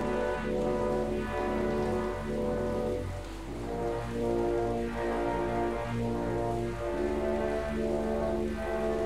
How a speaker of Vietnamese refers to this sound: Hôm nay trời mưa đó.